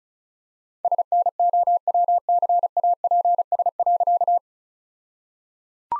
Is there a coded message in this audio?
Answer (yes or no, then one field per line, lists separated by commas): yes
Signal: Morse code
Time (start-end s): 0.8-4.4 s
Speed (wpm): 36 wpm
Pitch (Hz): 700 Hz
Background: none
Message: SNOWCAPS.